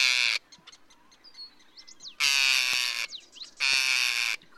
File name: Forsters Tern